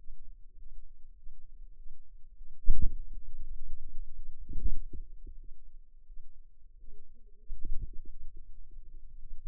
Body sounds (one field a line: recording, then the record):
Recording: forearm muscle sounds (acoustic myography)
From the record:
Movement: wrist flexion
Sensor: system 2, bracelet of six BSWA MPA416 microphones around the upper forearm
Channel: 6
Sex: female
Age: 23 years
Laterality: right